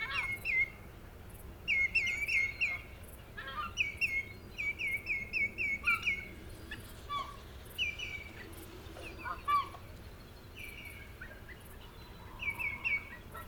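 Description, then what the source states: Common greenshank flight calls, ringing runs of several 'tew-tew-tew' notes given in quick bursts, with faint other bird notes and low background hum. Two or three birds calling while taking off for migration.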